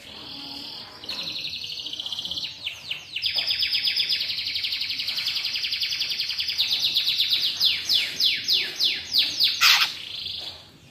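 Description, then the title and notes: Greater green leafbird song: a long continuous chattering trill with fast sweeping notes that grow louder and more spaced toward the end. Lively, melodious singing intended as a master recording for training captive leafbirds; described as gacor, ngentrok, with raised crest (jambul nembak). "Cucak Ijo Gacor Ngentrok Jambul Nembak. suara burung cucak ijo gacor, merdu cocok buat masteran burung cucak ijo"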